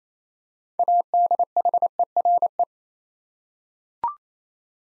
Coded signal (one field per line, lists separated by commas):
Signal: Morse code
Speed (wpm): 28 wpm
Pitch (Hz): 700 Hz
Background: none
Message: ADHERE